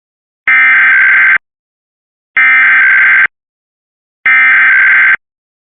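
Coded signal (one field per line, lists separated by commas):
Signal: Emergency Alert System (SAME) tones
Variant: header bursts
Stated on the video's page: Required weekly and monthly tests only.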